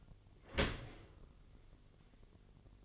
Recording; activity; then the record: daily activity, microphone in the room; open dishwasher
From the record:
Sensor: 4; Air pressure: 1007.5 hPa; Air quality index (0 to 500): 199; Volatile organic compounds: 7 ppm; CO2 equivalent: 1988 ppm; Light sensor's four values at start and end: 22/70/26/26 and 22/70/27/26